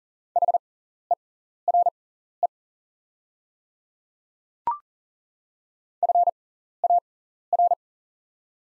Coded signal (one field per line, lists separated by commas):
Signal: Morse code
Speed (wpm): 40 wpm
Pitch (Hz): 700 Hz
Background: none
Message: HERE FAR